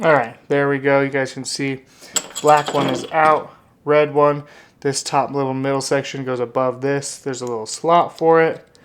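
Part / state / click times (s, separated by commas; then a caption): start/stop button trim section into its slot in the dash bezel / not seated / none. On a BMW E90 335i, the top middle trim section of the start/stop button assembly is handled and positioned above another piece, toward its small slot in the dash bezel. Someone talks throughout, with light handling sounds of the plastic parts. Nothing has seated or clicked yet.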